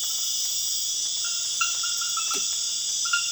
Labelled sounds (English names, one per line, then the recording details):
none
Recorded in dense forest near Puerto Asís, Putumayo, Colombia, on 9 March 2025 at 01:30
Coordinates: 0.481, -76.323
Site G088